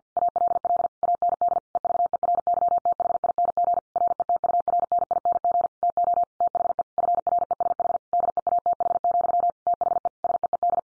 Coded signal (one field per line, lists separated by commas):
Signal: Morse code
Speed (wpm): 50 wpm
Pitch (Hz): 700 Hz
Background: none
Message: ALL AND EVERYTHING RETURNING TO THE FRESH DEATH, THE SEED